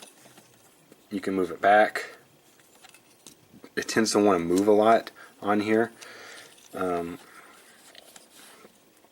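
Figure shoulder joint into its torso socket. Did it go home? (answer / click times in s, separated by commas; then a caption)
no / none. Someone talks while working the plastic ball-joint shoulder of a Botcon 2015 Sgt. Hound transforming robot action figure against its torso socket, moving the arm forward and back as the joint keeps shifting. A few small, light taps sound around 2.6 to 3.6 seconds and again near 8.0 and 8.2 seconds. The shoulder has not locked or clicked into place.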